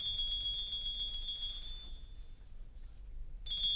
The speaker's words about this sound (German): Es läutet. Ich hör's. Dann warum öffnen Sie nicht? Weil ich nicht weiß, wer es ist und ob Sie zu Hause sind.